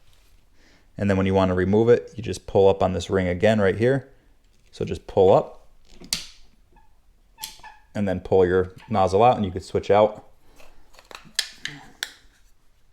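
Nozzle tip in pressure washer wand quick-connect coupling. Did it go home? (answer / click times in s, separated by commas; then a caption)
released / 6.1 s. Someone talks while pulling up the spring-loaded ring on the quick-connect coupling of a Briggs and Stratton 020680V-00 pressure washer wand to unlock the nozzle tip. A sharp click is heard at 6.1 s, and the nozzle is released and pulled out, followed by a few more sharp clicks near 11.4 s and 12.0 s.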